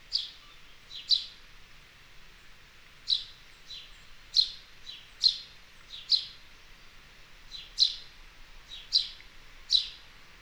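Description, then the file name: House sparrow chirping: short, bright chirps, some in quick pairs, repeated about a dozen times at uneven intervals over a quiet background. "Passer domesticus"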